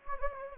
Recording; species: mosquito wingbeat signal from an infrared sensor; Anopheles gambiae